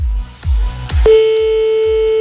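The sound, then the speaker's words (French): A telephone being redialed: a few dull knocks from the handset, then a steady mid-pitched line tone sounds continuously with faint low rhythmic thuds beneath. No one speaks. “On va la rappeler un petit coup quand même.”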